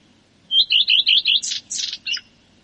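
Common redstart singing a brief phrase: several even, sweet whistled notes, then a harsher, buzzy twittering flourish at the end.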